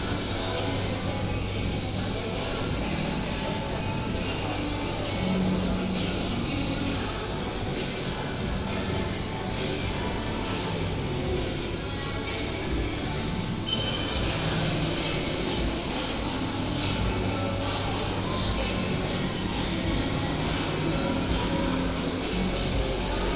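A walk through Clarendon Centre, filled with a steady, dense wash of crowd murmur and indistinct voices that never drops out. A low hum runs underneath throughout, with faint brief tones and small knocks surfacing now and then, around five and fourteen seconds.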